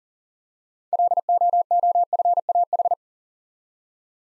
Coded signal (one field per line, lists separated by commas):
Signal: Morse code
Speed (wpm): 40 wpm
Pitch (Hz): 700 Hz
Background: none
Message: LOOFAH